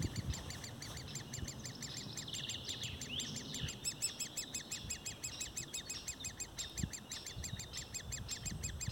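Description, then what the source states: Woodpecker calls, a steady series of short harmonic notes repeated throughout, with low rumbling underneath. Recorded 6 July 2019.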